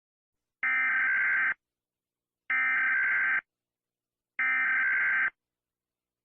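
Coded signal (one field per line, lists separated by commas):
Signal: Emergency Alert System (SAME) tones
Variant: header bursts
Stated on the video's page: Fictional EAS scenario, not a real alert.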